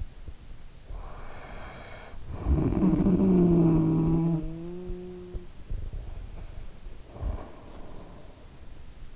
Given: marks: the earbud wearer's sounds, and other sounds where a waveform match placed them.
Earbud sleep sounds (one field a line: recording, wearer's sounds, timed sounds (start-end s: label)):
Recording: sounds in sleep by an in-ear microphone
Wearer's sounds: snoring breath, breath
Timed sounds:
0.85-5.67 s: snoring breath
6.25-9.16 s: breath